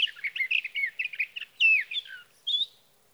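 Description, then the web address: Sage thrasher song: a dense warble of quick chirping notes, then a downward slur, ending with a short separate high phrase. "birdsongforthecurious songs Sage Thrasher"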